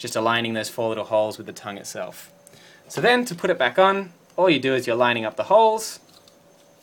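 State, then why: Not seated. Someone talks while lining up the front bar of a Spectra instant film camera with the four little holes on a newly fitted Impossible Project frog tongue, ready to press it back over the film shield. The speech stops near 6 s, followed by a faint brief tick at about 6.3 s. The clip ends before the bar is pressed home, so nothing has seated or clicked yet.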